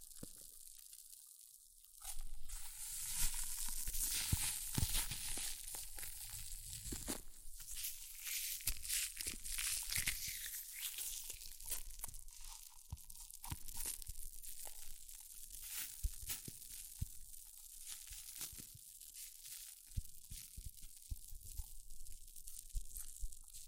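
Hair mousse fizzes and crackles in a dense, steady hiss of tiny pops, bright and crisp, starting about two seconds in after a quiet opening. Sharper crinkling bursts come through every second or so, and a faint low tone holds underneath.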